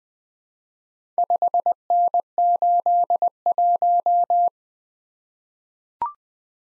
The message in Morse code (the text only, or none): 5N81